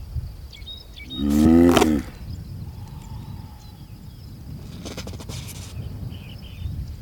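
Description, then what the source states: Galápagos giant tortoise uttering one low, harsh groan early on, followed by quieter background with faint bird notes and a brief rustling burst. Pair mating under the shade of a Scalesia tree in the centre of the Alcedo volcano caldera, Isabela island.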